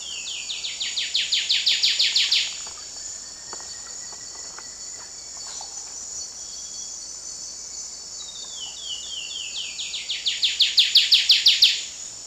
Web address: Natures Songs S America Eastern Lowlands Basileuterus fulvicauda, song